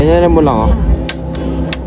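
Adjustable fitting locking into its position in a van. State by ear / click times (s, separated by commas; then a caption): seated / 1.1 s, 1.7 s. Someone talks while pushing an adjustable fitting in a tour van a certain way to lock it. Two sharp clicks follow at 1.1 s and 1.7 s, and the fitting is locked in place.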